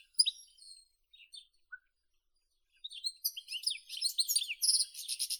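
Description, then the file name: European goldfinch song: scattered soft high notes at first, then a bright, rapid twittering phrase with buzzy trills building toward the end. "Golosa ptic - CSHegol Carduelis carduelis"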